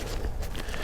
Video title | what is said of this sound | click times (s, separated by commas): Delta Cart 10 and Zuca All Terrain Review | and snap right in | 0.6 s, 0.7 s